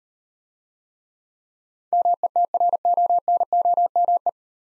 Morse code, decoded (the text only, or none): METRONOME